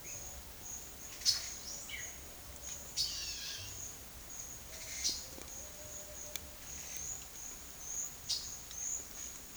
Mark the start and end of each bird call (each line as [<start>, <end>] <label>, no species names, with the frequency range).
[0.00, 0.51] bird call (0.3-4.2 kHz)
[1.02, 3.79] bird call (1.3-11.3 kHz)
[4.96, 5.18] bird call (2.2-10.7 kHz)
[8.23, 8.44] bird call (1.7-10.9 kHz)